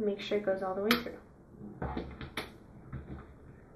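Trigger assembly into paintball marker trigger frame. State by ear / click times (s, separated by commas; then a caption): seated / 2.4 s. Someone talks while a Killjoy ball bearing double trigger assembly is pushed all the way through into the trigger frame of a Tippmann X7/A5 Hall Effect paintball marker. A sharp click at 2.4 s marks it locking into place, followed by a couple of fainter taps. The trigger assembly is seated.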